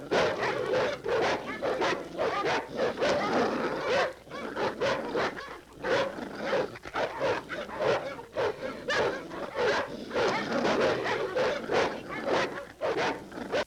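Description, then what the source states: Dogs barking in rapid, uneven series of sharp barks, overlapping, with brief quieter moments between bursts. Multiple dogs barking.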